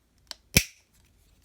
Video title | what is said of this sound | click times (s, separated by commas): iPhone 11 Pro Max and Otterbox Defender case | snaps into place | 0.6 s